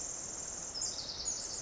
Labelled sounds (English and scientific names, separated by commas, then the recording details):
Pacific Wren (Troglodytes pacificus)
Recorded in Sonoma County, California